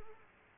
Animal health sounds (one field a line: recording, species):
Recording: mosquito wingbeat signal from an infrared sensor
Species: Culex quinquefasciatus